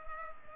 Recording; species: mosquito wingbeat signal from an infrared sensor; Culex pipiens